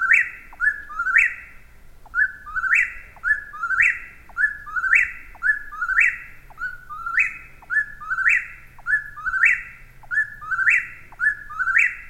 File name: Eastern Whip Poor Will 13 July 2020